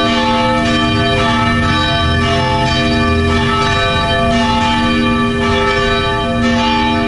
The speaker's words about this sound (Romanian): Un moment cu o puternică încărcătură emoțională a avut loc la ora 11, când au fost trase clopotele catedralelor, mănăstirilor și bisericilor din întreaga țară.